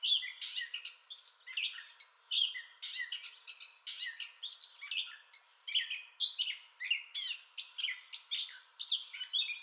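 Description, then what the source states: Gray catbird singing a long, rambling series of harsh mews, chips and clear whistled notes, delivered quickly without settling into a repeated pattern. Entire song bout, recorded 2021-05-30.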